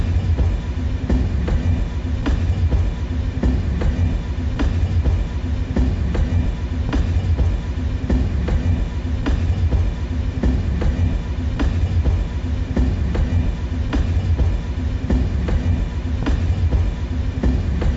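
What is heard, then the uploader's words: A train rolls steadily along the railroad with a deep, constant rumble filling the low end. Sharp clacks from the wheels on the rail joints tick through it at a fairly regular pace, roughly every second or two, even throughout. Enjoy the low rumble and clickety-clack of a train rolling along the railroad. El sonido ritmico del tren.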